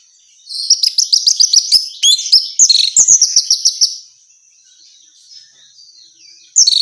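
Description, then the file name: Orange-headed thrush singing a rapid run of high, sharp chirped notes for about three seconds, then a pause and a brief final burst. Female bird. "suara burung anis merah betina"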